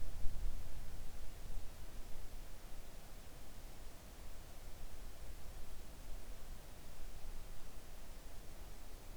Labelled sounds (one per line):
near silence